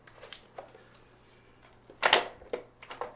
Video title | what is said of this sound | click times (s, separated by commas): 6.14 Install: Placing the Window | and it just snaps right into place | 2.1 s